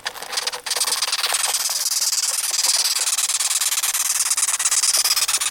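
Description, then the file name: Velvet ant stridulating: a continuous, raspy, hissing buzz of very rapid pulses, steady in loudness after a quieter start. "velvet red ant"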